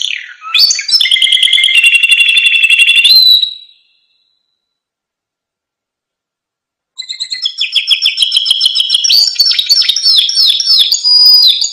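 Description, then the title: Canary singing: rapid rolling trills and sweeping notes, a silent pause of about three seconds, then a varied burst of chirps and trills. Canary singing prolifically (gacor) with a full, varied song, used as masteran (training audio) for caged lovebirds, white-rumped shamas, canaries and greater green leafbirds. "Masteran Kenari Gacor Full Isian Untuk Lovebird, Murai Batu, Kenari, Cucak Ijo"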